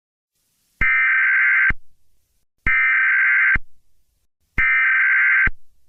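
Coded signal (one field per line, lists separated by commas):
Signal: Emergency Alert System (SAME) tones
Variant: header bursts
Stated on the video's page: Mock, simulated EAS scenario about a skunk, not a real alert.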